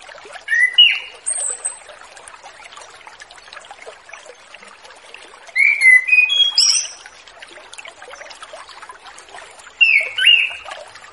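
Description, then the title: Orange-headed thrush singing brief phrases of bright whistled notes with some high thin trills, each burst followed by a pause of about three to four seconds. Relaxed 'ngeplong' song style, used as a lure for young birds just past the speckled juvenile stage. "Anis Kembang Ngeplong Santai , Untuk Pancingan Anis Kembang Lepas Trotol"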